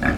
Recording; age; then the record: pig call; growing-finishing pig (85 days or more)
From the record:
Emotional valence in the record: positive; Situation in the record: enriched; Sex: female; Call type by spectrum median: low-frequency call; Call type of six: low-frequency modulated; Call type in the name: low-frequency modulated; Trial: 2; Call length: 0.18 s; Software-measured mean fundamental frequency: 56 Hz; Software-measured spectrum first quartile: 213 Hz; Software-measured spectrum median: 682 Hz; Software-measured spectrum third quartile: 1620 Hz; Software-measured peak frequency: 244 Hz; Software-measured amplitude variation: 152 dB a second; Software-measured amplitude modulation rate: 25.1 a second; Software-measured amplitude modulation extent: 6.1 dB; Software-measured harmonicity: 1.3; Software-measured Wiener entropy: -1.53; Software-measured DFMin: 697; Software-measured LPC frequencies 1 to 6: 1689, 2373, 3485, 4992, 6483, 7242 Hz